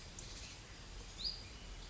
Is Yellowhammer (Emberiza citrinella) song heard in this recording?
no